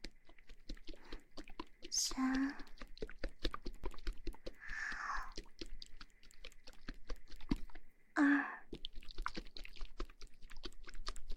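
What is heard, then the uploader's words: Ear massage sounds fill the clip with dense, quick crackles, taps and rubbing strokes throughout. A water bottle is shaken in short sloshing bursts near 2, 5 and 8 seconds, with brief squeaky tones at the first and last burst. ASMR Shaking water bottle & Ear massage.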